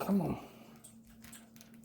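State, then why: Not seated. A swap head is pushed onto the plastic neck peg of an AEW Supreme Collection action figure while someone talks, followed by faint, scattered light ticks and handling noises. The head has not popped or seated onto the peg yet; no pop is heard.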